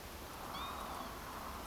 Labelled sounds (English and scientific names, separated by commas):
Northern Lapwing (Vanellus vanellus)